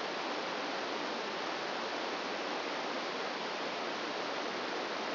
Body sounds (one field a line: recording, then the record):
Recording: brain microelectrode recording played as sound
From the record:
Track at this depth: outside the subthalamic nucleus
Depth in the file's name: -0.909 mm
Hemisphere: right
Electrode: 2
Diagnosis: Parkinson's disease